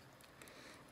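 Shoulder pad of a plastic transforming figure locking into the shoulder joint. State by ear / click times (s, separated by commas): seated / 0.4 s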